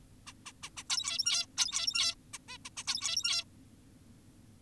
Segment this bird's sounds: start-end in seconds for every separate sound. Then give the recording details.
0.27-0.33, 0.46-0.52, 0.63-0.70, 0.77-0.84, 0.90-1.46, 1.58-2.15, 2.34-2.38, 2.48-2.58, 2.65-2.70, 2.77-2.84, 2.88-3.44. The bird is an adult. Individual g17y2U